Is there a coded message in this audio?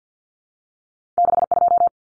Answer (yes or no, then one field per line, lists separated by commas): yes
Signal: Morse code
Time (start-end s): 1.2-1.9 s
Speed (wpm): 50 wpm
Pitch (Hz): 700 Hz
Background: none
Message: 62